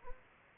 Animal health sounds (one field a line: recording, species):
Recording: mosquito wingbeat signal from an infrared sensor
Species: Anopheles gambiae